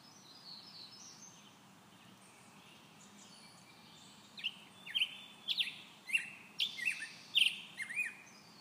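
Black-headed grosbeak song: after quiet opening seconds, a run of sweet, slurred whistled phrases, rising and falling, over soft background hiss.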